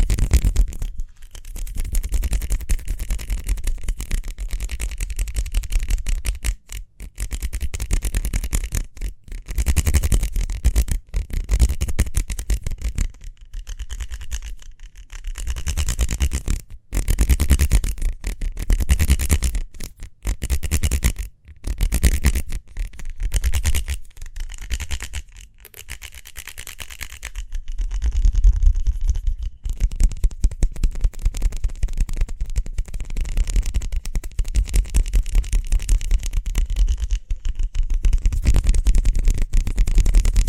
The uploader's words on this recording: ASMR Speedy Hand Sounds (No Talking).